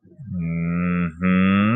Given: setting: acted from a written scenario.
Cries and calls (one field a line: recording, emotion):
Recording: vocal sound without words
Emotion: pride